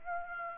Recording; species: mosquito wingbeat signal from an infrared sensor; Aedes aegypti